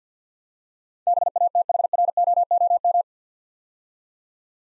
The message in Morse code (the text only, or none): BATHROOM